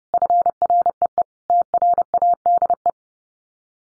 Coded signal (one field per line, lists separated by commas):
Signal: Morse code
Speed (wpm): 30 wpm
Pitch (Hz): 700 Hz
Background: none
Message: FREE TRADE